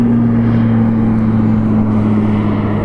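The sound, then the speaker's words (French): An airplane passes overhead with a steady, loud engine drone: a broad roar with two low humming tones that stay level throughout, with no voices. “Attends, avec l'avion, on va vraiment...”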